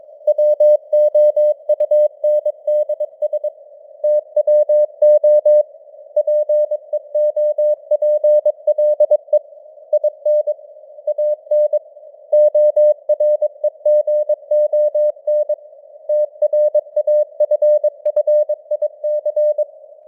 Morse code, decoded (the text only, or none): WOUNDS TWO PEOPLE IN AN OREGON TRAFFIC